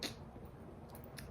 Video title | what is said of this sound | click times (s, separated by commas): au secours!!! machine à coudre saute des points | le CLIC est fait comme il faut | 1.2 s